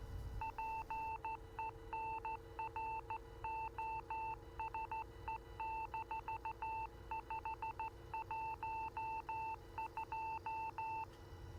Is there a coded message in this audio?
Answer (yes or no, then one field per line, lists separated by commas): yes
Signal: Morse code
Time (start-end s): 0.4-11.0 s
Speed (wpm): 14 wpm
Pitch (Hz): 890 Hz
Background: none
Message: PENROSE-512